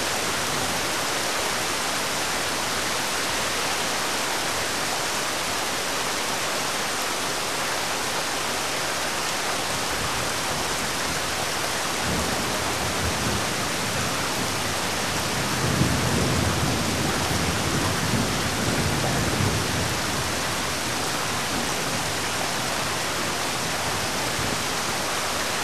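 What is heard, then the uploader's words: Heavy rain pours down in a dense, steady hiss, with a low rumble of distant thunder swelling around fifteen to twenty seconds. Heavy Rain and Thunder. The rain is coming down in sheets, pounded into the ground by the force of the storm. The air is heavy with the sound of rolling thunder, and lightning illuminates the sky, casting a brilliant, jagged light across the landscape.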